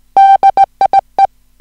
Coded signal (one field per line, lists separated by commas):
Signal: Morse code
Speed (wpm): 18 wpm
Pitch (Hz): 780 Hz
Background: music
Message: DIE